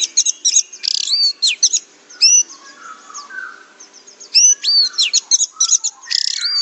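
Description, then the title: Orange-headed thrush delivering dense, high-pitched song of rapid chirps and downslurred whistles in quick phrases, with a quieter spell midway before resuming. "Anis Merah"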